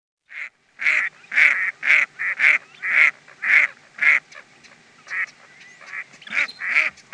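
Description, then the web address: Redhead giving a series of nasal, catlike calls, roughly two per second, with some softer overlapping calls toward the end. "Peterson North American Birds. redh"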